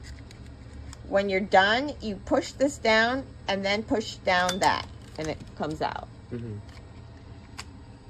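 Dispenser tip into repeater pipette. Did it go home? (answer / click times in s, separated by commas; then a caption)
yes / 7.6 s. A dispenser tip is fitted straight, not at an angle, into a repeater pipette and snaps in. Someone talks over a low background hum, with a few faint ticks near the start. A sharp click at 7.6 s marks the tip seating.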